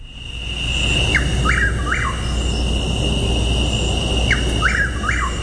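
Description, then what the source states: Chuck-will's-widow calls, a quick three-part whistled phrase given twice, over a steady high insect drone and low hum. Three-syllable onomatopoetic call; played back on a radio program.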